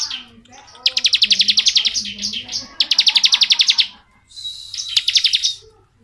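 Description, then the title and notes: Bar-winged prinia producing long runs of quick, sharp high notes in three bursts, the last softer with a steady whistled tone. Ciblek 'ngebren' song style, used as tutor audio for white-rumped shamas (murai batu). "Ciblek Ngebren Untuk Masteran Murai Batu. Suara burung ciblek - Suara Nada"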